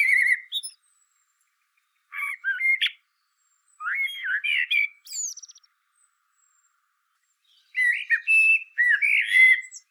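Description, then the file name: Common blackbird singing: separate fluty, warbled phrases with silent gaps between, some ending in thin high squeaky twitters. "Turdus merula"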